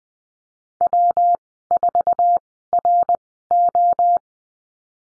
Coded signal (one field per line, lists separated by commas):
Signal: Morse code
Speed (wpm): 20 wpm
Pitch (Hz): 700 Hz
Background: none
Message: W4RO